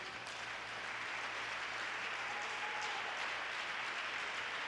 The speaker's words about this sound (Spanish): Dale aplauso a Dios porque Él es bueno.